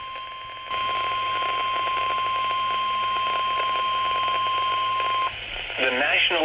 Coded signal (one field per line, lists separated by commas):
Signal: Emergency Alert System (SAME) tones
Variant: 1050 Hz attention tone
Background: speech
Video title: SEVERE THUNDERSTORM WARNING EAS #113 ON KEC76